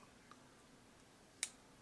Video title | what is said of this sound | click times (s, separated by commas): Live cleaning some Abu Garcia 6500 Fishing Reels | and then it locks in place that keeps it from falling out so | 1.4 s